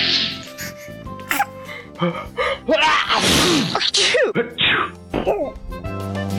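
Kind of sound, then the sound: human body sound, sneeze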